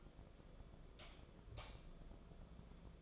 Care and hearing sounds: daily activity, microphone in the room; light off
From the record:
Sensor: 5

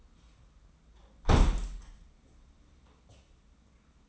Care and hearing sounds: daily activity, microphone in the room; close window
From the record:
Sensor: 1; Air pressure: 994.4 hPa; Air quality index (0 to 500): 215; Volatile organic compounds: 1000 ppm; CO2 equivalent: 7748 ppm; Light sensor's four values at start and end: 85/190/85/92 and 84/186/84/90

